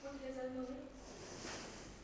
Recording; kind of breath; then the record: one breath in and out by a microphone near the nose and mouth; deep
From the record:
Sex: female